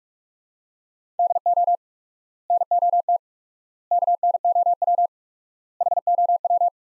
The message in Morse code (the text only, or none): DO NOT KNOW HOW